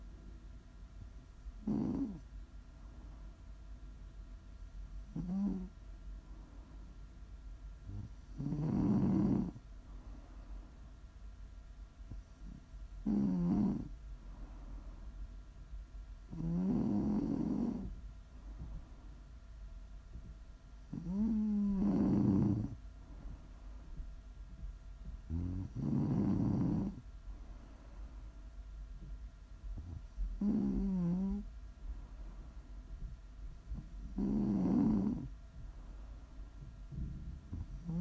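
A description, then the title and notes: Deep, rumbling snores repeat steadily about every four seconds, each a short rough burst between quieter breaths over a low constant hum. ASMR snoring.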